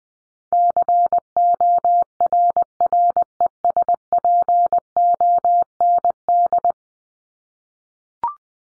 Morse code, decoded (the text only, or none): CORRESPOND